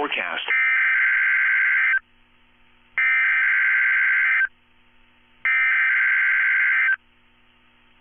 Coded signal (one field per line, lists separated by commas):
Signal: Emergency Alert System (SAME) tones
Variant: header bursts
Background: speech